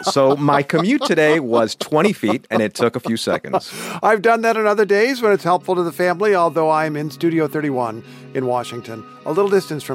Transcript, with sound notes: So my commute today was 20 feet, and it took a few seconds.
(Laughter) I've done that on other days when it's helpful to the family, although I'm in Studio 31 in Washington - a little distance from home